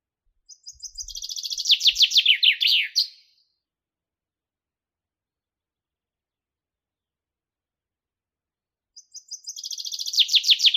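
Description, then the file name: Common chaffinch singing two songs, each a fast, descending run of bright notes; the first ends in a flourish, the second is cut off at the end; a quiet gap separates them. "Fringilla coelebs"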